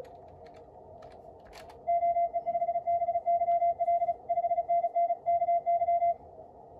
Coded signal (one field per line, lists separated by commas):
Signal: Morse code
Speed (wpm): 36 wpm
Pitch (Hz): 690 Hz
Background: radio noise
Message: OE5BYL 5NN KY